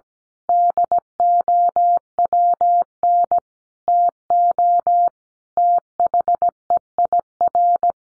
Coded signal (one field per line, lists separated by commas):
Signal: Morse code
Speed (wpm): 17 wpm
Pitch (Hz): 700 Hz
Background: none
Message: DOWN TO THEIR